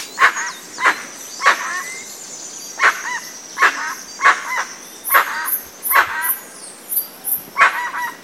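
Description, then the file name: Dusky-legged guan calling with repeated harsh, honking barks, with high ticking notes in the background. Recorded in Itatiaia National Park, Rio de Janeiro state, Brazil. "Penelope-obscura-PNItatiaia RJ-BR-8-1-14"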